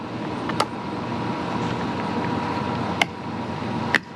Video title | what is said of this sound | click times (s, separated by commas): Tesla Roof Rack - How to install Tesla cross bars on a Model Y | then the top snaps into place it's getting better | 3.0 s, 3.9 s